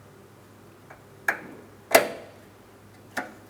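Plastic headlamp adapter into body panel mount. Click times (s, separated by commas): 1.3 s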